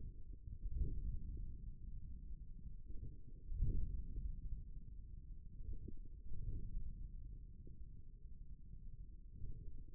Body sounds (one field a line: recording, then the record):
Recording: forearm muscle sounds (acoustic myography)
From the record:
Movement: forearm pronation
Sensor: system 1, eight BSWA MPA416 microphones around the upper forearm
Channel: 2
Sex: male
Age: 41 years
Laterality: right